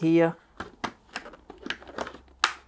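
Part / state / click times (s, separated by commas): visor pivot tab into helmet side-plate mechanism / seated / 2.4 s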